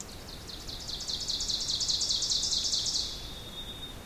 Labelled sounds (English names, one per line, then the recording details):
Ovenbird song
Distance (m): 50 m
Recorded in boreal forest in Alberta, Canada, on 2 June 2016 at 07:35
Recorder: SongMeter 3, array SBT-3-7
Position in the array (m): 207 m, 85 m
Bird 6